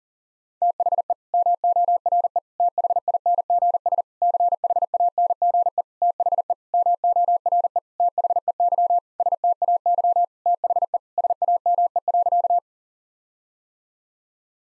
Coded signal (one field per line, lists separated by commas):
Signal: Morse code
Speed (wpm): 40 wpm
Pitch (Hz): 700 Hz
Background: none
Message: THE MORE THINGS CHANGE THE MORE THEY STAY THE SAME.